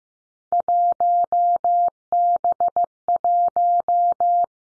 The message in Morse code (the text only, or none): 1B1